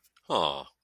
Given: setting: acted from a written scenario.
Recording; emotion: vocal sound without words; disappointment